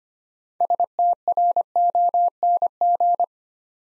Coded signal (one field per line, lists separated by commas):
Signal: Morse code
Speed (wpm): 25 wpm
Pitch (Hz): 700 Hz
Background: none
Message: STRONG